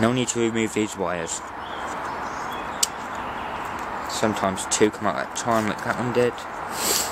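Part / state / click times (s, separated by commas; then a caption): push-button switch into washing machine switch bank / not seated / none. A push-button switch is being refitted into the switch bank of a Servis/Bendix/Eudora washing machine while someone talks, with a brief sharp tick at about 2.8 s over steady background hiss. The button is only being handled, and nothing has seated or clicked into place yet.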